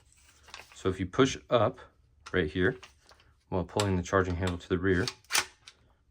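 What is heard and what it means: Someone talks while handling a Palmetto State Armory AKV rifle, pushing up on the bolt hold/release switch at the magazine well while pulling the charging handle to the rear to hold the steel bolt open. A few faint, brief handling sounds occur, but the bolt catch has not clicked into place and nothing has seated yet.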